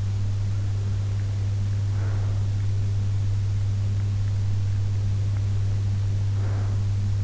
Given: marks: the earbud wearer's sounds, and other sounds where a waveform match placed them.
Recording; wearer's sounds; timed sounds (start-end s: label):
sounds in sleep by an in-ear microphone; breath
0.69-2.69 s: breath
5.86-7.15 s: breath